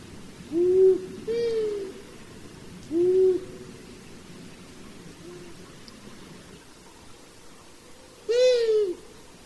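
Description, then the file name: Long-eared owl hooting: several low, soft hoots with uneven gaps, plus two brighter, wavering, nasal calls rich in overtones, over a quiet hiss. "Hibou moyen duc"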